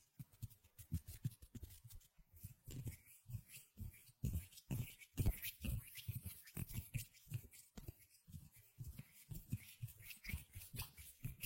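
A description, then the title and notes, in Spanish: Hand sounds: a rapid, irregular series of rubbing, patting and brushing movements that continues throughout the clip. Each touch is short, with a soft low thump under a dry, bright swish. Brief quiet gaps appear near two and eight seconds. ASMR Sonidos de manos. Chasquidos, frotaciones, palmadas y demás.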